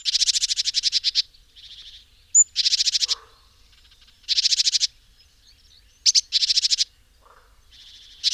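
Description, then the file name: Great tit calling in a rapid series of grating, ticking rattles, nearly continuous at first, then broken by brief pauses and a few high squeaky notes. "Parus major"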